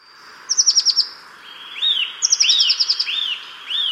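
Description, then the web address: Bird calls: quick trills of high clipped notes alternating with rising-falling slurred whistles, repeated several times over steady background hiss. "Deverinetal 2025 File origin Bird Only Cy Ca"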